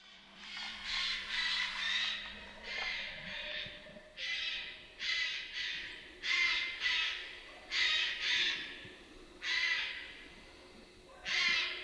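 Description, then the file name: Eurasian jay calling with a long series of rough, noisy screeches repeated at short intervals. "Garrulus glandarius"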